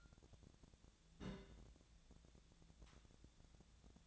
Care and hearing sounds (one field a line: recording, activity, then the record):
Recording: daily activity, microphone in the room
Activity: place on stove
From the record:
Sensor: 3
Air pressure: 1000.0 hPa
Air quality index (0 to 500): 125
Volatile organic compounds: 2 ppm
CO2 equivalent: 1120 ppm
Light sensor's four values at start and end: 44/111/48/53 and 44/111/48/53